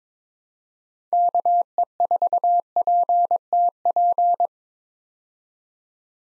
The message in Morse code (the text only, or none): KE4PTP